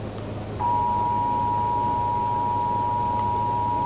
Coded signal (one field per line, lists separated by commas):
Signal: Emergency Alert System (SAME) tones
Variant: 853 and 960 Hz attention tone